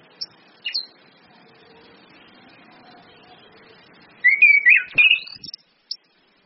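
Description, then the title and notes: Orange-headed thrush song: a couple of brief chips, then a sustained rolling whistled phrase about a second long, ending with a sharp click. Indonesian bird-training lure recording of anis kembang in ngeplong song style, mixed with female whistles (suitan betina), meant to make birds sing vigorously (gacor); used as masteran tutor audio. "Anis Kembang 5. PANCINGAN anis kembang ngeplong dan SUITAN BETINA. Masteran Anis Kembang"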